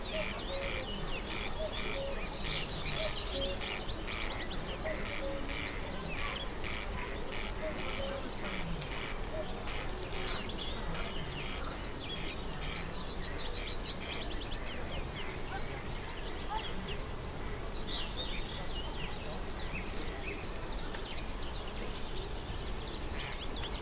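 Serene woodland ambience with a steady, dense bed of soft rustling noise throughout. Birds chirp and call repeatedly in the upper range, with two brighter, louder trills standing out around three and fourteen seconds, while faint murmuring sits low in the background.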